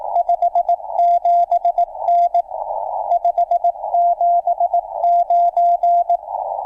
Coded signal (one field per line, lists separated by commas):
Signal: Morse code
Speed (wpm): 18 wpm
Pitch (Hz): 690 Hz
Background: radio noise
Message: 57N 579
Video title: Back into CW... (Live Stream) | HamRadio